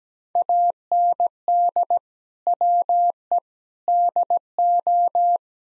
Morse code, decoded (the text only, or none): AND WE DO